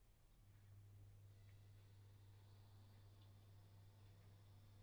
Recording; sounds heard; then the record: poultry house recording; no chicken sound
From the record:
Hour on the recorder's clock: 9